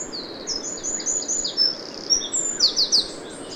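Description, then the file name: Eurasian wren song: a continuous stream of high, quick notes, ending in a few louder sharp descending notes over a steady hiss. "Troglodytes troglodytes"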